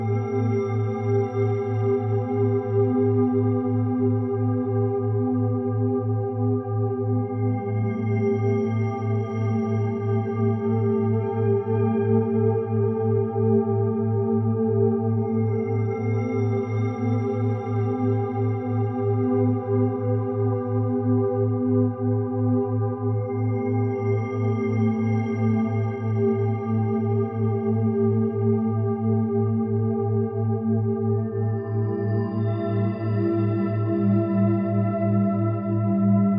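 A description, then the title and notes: A steady, unbroken drone of low tones with a faint pulsing shimmer, as two close pitches beat against each other. Soft, bell-like overtones above slowly swell and fade every few seconds, shifting around 7, 22 and 31 seconds, while the loudness stays even throughout. Delta Brain Waves. Deep Sleep Music - Binaural Beats. Two tones of slightly different frequency, one in each ear.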